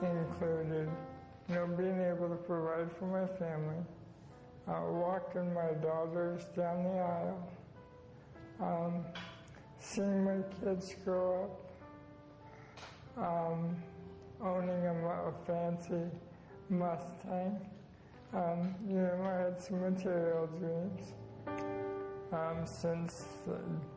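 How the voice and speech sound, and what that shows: Slow, effortful speech from an adult man with ALS (Lou Gehrig's disease), more than two years into the illness and near the end of life, who can no longer feed, clothe or bathe himself. His voice has heavy nasality, drawn-out fillers and long pauses, fitting ALS-related dysarthria.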